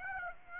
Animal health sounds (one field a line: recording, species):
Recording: mosquito wingbeat signal from an infrared sensor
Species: Aedes aegypti